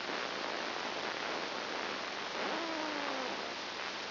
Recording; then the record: brain microelectrode recording played as sound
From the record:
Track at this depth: inside the subthalamic nucleus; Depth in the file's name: 5.501 mm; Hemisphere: left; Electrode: 2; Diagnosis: Parkinson's disease